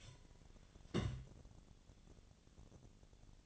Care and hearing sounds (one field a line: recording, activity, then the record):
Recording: daily activity, microphone in the room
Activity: place on stove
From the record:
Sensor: 4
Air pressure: 1010.8 hPa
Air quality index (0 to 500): 168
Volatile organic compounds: 5 ppm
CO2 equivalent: 1711 ppm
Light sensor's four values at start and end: 39/112/45/46 and 38/110/44/45